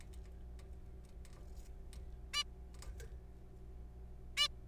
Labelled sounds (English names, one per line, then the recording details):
Zebra Finch
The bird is a juvenile
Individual R3428